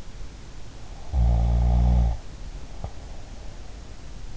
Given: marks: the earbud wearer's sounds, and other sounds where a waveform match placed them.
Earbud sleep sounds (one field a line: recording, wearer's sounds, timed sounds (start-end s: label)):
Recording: sounds in sleep by an in-ear microphone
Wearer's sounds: snoring breath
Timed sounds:
1.02-3.06 s: snoring breath